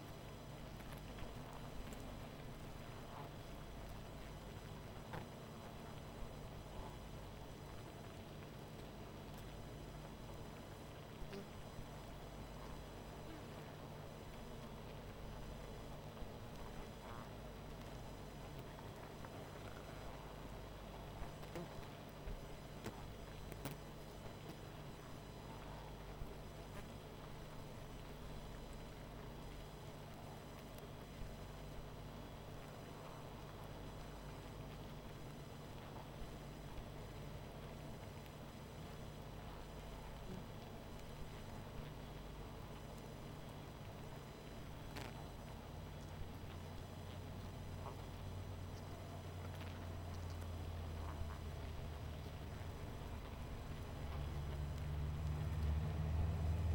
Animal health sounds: honeybee colony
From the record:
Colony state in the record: missing queen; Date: 14 July 2017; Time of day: 20:00

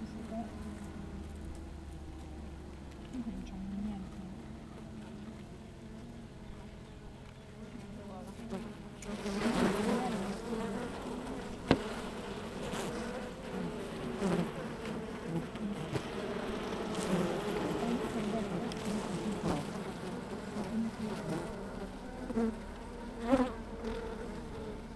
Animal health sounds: honeybee colony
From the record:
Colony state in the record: active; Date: 28 July 2017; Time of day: 8:03

